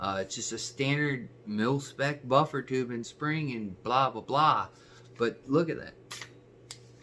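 Someone talks while pushing one of two mating parts from the same maker, apparently the charging handle, into an AR-15 upper receiver with a standard mil-spec buffer tube and spring, to show how poorly they fit and that the part has to be tapped into place. Short, sharp sounds follow at about 6.1 s, 6.7 s and 7.0 s. The part has not clicked into place yet.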